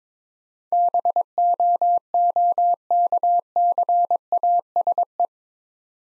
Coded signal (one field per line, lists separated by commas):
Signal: Morse code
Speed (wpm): 22 wpm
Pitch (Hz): 700 Hz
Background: none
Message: BOOKCASE